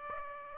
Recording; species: mosquito wingbeat signal from an infrared sensor; Aedes aegypti